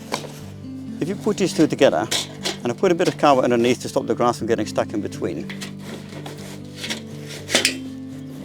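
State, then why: Seated. A stainless steel spring connector plate with a T-shaped tab is pushed into the T-slot of a steel garden edging panel as two panels are joined. Someone talks over background music, with a few faint knocks along the way. A short double click at 7.6 and 7.7 seconds marks the plate seating into the panel.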